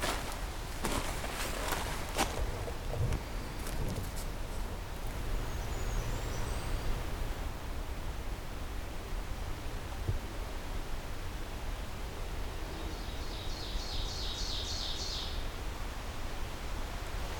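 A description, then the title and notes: Outdoors at Henhoeffer Park East, a steady low rumble with scattered clicks and rustles early on, and a burst of bird chirps near fourteen seconds. I return to Henhoeffer Park, except this time taking the east trail, about 1km away from the previous recording location.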